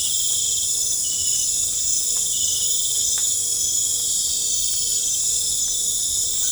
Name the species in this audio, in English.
none